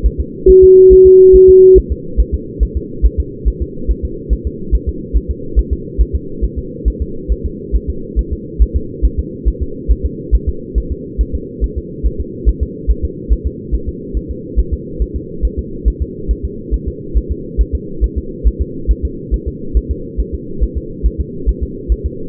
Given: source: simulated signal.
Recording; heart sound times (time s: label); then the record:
fetal heart sounds
0.06 s: S1
0.21 s: S2
0.50 s: S1
0.64 s: S2
0.93 s: S1
1.07 s: S2
1.35 s: S1
1.50 s: S2
1.78 s: S1
1.92 s: S2
2.20 s: S1
2.34 s: S2
2.63 s: S1
2.77 s: S2
3.06 s: S1
3.20 s: S2
3.48 s: S1
3.62 s: S2
3.91 s: S1
4.05 s: S2
4.33 s: S1
4.47 s: S2
4.75 s: S1
4.89 s: S2
5.17 s: S1
5.31 s: S2
5.59 s: S1
5.73 s: S2
6.01 s: S1
6.15 s: S2
6.44 s: S1
6.59 s: S2
6.88 s: S1
7.02 s: S2
7.32 s: S1
7.46 s: S2
7.75 s: S1
7.90 s: S2
8.19 s: S1
8.33 s: S2
8.62 s: S1
8.76 s: S2
9.05 s: S1
9.19 s: S2
9.48 s: S1
9.62 s: S2
9.91 s: S1
10.06 s: S2
10.35 s: S1
10.49 s: S2
10.78 s: S1
10.92 s: S2
11.21 s: S1
11.35 s: S2
11.64 s: S1
11.78 s: S2
12.06 s: S1
12.21 s: S2
12.49 s: S1
12.63 s: S2
12.91 s: S1
13.05 s: S2
13.32 s: S1
13.47 s: S2
13.75 s: S1
13.89 s: S2
14.17 s: S1
14.31 s: S2
14.59 s: S1
14.74 s: S2
15.02 s: S1
15.16 s: S2
15.45 s: S1
15.59 s: S2
15.88 s: S1
16.02 s: S2
16.31 s: S1
16.45 s: S2
16.74 s: S1
16.88 s: S2
17.17 s: S1
17.31 s: S2
17.61 s: S1
17.75 s: S2
18.04 s: S1
18.18 s: S2
18.47 s: S1
18.62 s: S2
18.91 s: S1
19.05 s: S2
19.34 s: S1
19.48 s: S2
19.77 s: S1
19.91 s: S2
20.20 s: S1
20.34 s: S2
20.63 s: S1
20.78 s: S2
21.06 s: S1
21.21 s: S2
21.49 s: S1
21.63 s: S2
21.92 s: S1
22.06 s: S2
From the record:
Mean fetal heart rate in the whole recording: 140 bpm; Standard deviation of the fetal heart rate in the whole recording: 2 bpm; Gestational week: 34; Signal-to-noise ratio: -4.3 dB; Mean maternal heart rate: 72 bpm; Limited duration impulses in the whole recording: present